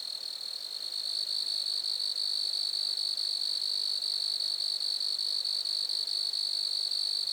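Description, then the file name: A grasshopper's shrill, rapidly pulsed buzz starts slightly softer, then holds steady and loud at a high pitch. Lac-à-François, Montcerf-Lytton, Quebec, Canada. "criquets-grasshoppers- -lac-acc 80-franccca 7 ois-montcerf-lytton-quecc 81 bec-canada"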